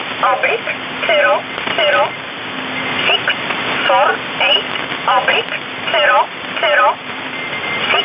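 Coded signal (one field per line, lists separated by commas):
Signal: numbers station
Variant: E11 Oblique, English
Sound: short evenly spaced spoken words, like numbers read aloud, through hissy shortwave static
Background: radio static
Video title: 30 05 2019 E11 Oblique Numbers station in English 1900 on 7600 unknown tx site in USB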